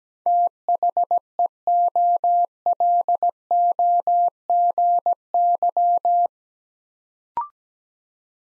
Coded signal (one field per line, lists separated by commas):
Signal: Morse code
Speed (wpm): 17 wpm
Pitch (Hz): 700 Hz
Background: none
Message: THEOLOGY